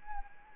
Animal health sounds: mosquito wingbeat signal from an infrared sensor; Anopheles arabiensis

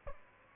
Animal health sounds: mosquito wingbeat signal from an infrared sensor; Aedes albopictus

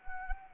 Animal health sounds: mosquito wingbeat signal from an infrared sensor; Anopheles arabiensis

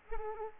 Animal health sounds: mosquito wingbeat signal from an infrared sensor; Culex quinquefasciatus

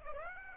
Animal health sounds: mosquito wingbeat signal from an infrared sensor; Aedes aegypti

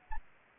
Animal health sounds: mosquito wingbeat signal from an infrared sensor; Anopheles gambiae

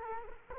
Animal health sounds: mosquito wingbeat signal from an infrared sensor; Culex quinquefasciatus

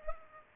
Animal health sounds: mosquito wingbeat signal from an infrared sensor; Culex pipiens

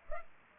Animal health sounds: mosquito wingbeat signal from an infrared sensor; Culex pipiens

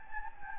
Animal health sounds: mosquito wingbeat signal from an infrared sensor; Anopheles gambiae

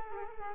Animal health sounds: mosquito wingbeat signal from an infrared sensor; Culex quinquefasciatus

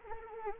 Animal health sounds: mosquito wingbeat signal from an infrared sensor; Anopheles arabiensis

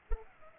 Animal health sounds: mosquito wingbeat signal from an infrared sensor; Culex pipiens

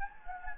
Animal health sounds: mosquito wingbeat signal from an infrared sensor; Anopheles gambiae

